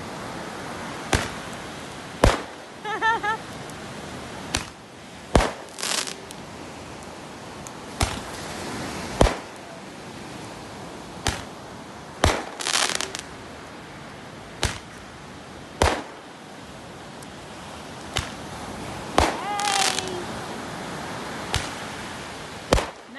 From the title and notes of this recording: Getting the Ghana New Years Beach Party Started. To get the guests down to the beach I started lighting off some of the fire works a little early to get things started.